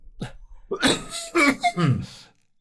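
An adult man gives a short run of about four harsh, forceful coughs within two seconds, the last one drawn out with a voiced, throaty sound. It is an ordinary brief coughing bout in a small room, with no wheeze or stridor between the bursts; afterwards he is fine.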